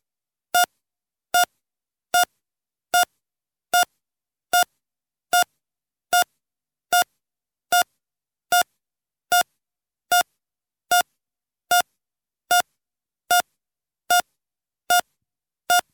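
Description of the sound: A heart monitor sound effect beeping at a steady, regular rate, each beep a short electronic tone.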